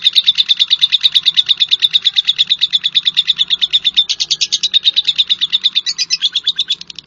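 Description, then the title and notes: Bird song: a fast, steady trill of bright, high pulsed notes running without a break for about seven seconds. "Bird Sound. Kicau Burung Lengkap"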